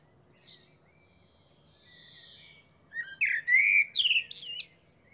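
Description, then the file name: Common blackbird: faint soft notes at first, then a loud phrase of fluted, slurred whistles that breaks into high, squealing twitters. "Turdus merula"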